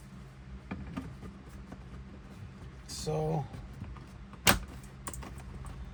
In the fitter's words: And then this little cover is going to go in like this, and then it's going to snap into place.